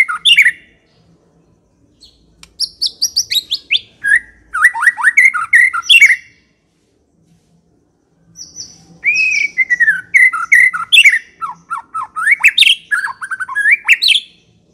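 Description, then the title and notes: White-rumped shama song in rich whistled bursts of varied, rapidly changing notes, with short pauses between phrases and a long gap in the middle. Lure song for attracting the bird. "Pikat Murai Batu Durasi Panjang. Burung Murai Batu"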